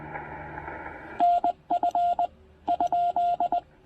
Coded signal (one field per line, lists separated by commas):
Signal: Morse code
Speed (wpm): 20 wpm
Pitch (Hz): 700 Hz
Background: radio noise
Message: NF ?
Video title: Importance of Quality Feedline and QRP POTA Activation at Tuttle Educational State Forest!